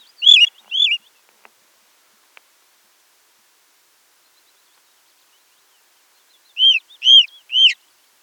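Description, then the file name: Ring ouzel song: two clear warbled notes, a long silence with a couple of faint clicks, then three more loud, evenly spaced piping notes. "Beflijster Turdus torquatus"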